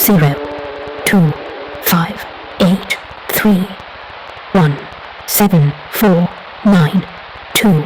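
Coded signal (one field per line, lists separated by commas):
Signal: numbers station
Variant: Lincolnshire Poacher, English female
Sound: a calm female voice reading ten single digits at an even pace over hiss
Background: radio static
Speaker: A female voice would take over, crisp, calm, utterly emotionless, a received pronunciation accent, the kind once taught to BBC broadcasters, now rarely heard outside of period dramas. She would read groups of five numbers.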